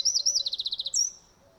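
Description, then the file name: Eurasian wren giving a quick series of high, bright notes in a fast rattle, ending with a sharp high note. "Troglodytes troglodytes"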